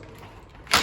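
A baby carrycot is set back onto a pram frame, centred evenly on both sides, and pushed down onto the frame clips, since without a click it is not safe to carry. After a quiet stretch, a sharp, bright click sounds at 0.7 s as the clips lock and the carrycot is seated.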